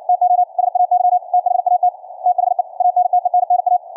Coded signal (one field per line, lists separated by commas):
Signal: Morse code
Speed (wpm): 56 wpm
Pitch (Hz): 700 Hz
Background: none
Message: TO SAY THAT THE ANTENNA